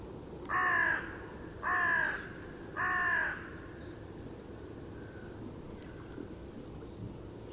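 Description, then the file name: Carrion crow calling three loud, rasping caws evenly spaced about a second apart. "Corvus corone"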